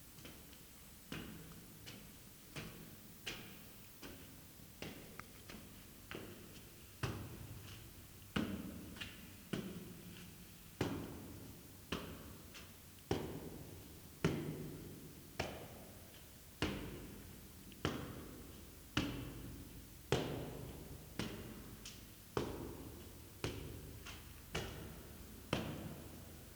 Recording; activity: daily activity, guitar pickup as the sensor; go upstairs